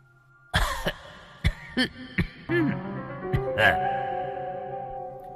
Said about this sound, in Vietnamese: Có tiếng ho hành khạch khẽ vang lên.